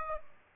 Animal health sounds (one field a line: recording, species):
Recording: mosquito wingbeat signal from an infrared sensor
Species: Aedes aegypti